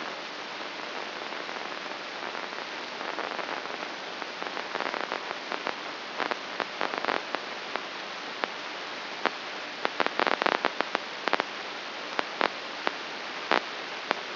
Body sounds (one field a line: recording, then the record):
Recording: brain microelectrode recording played as sound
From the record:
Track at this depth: inside the subthalamic nucleus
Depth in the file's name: 6.543 mm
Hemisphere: left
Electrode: 2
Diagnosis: Parkinson's disease